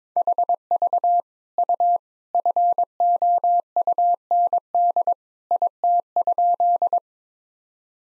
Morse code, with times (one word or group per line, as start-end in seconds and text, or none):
0.2-1.2 HV
1.6-2.0 U
2.3-5.1 FOUND
5.5-7.0 IT?